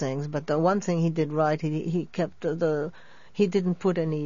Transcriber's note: none